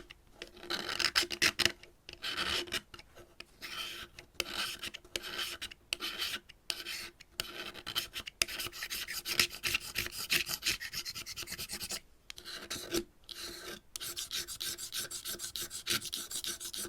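Scratching and rubbing sounds fill the clip, a dense raspy scraping with a bright hiss, broken by short silent gaps every second or so. The strokes come in quick irregular bursts, with a faint low tone running steadily underneath.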